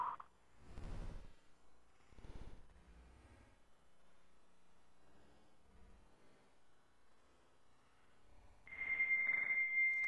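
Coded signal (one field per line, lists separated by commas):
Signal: dial-up modem handshake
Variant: slowed down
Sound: slow, smeared low tones, then a steady high answer tone with hiss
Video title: Dial Up Internet Sound (Slowed Down) 10%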